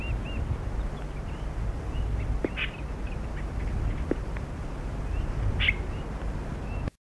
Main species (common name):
Lesser Swamp Warbler